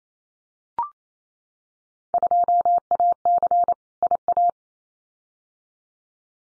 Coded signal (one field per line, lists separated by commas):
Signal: Morse code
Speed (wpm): 28 wpm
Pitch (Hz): 700 Hz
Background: none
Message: 2AC IA